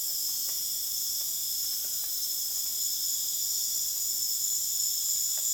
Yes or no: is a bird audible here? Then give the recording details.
no. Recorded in dense forest near Puerto Asís, Putumayo, Colombia, on 29 June 2025 at 20:00. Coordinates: 0.484, -76.325. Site H65